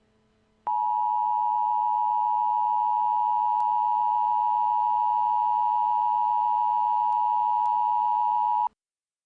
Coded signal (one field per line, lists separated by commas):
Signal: Emergency Alert System (SAME) tones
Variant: 853 and 960 Hz attention tone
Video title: Ice Storm Warning EAS: Eugene, Oregon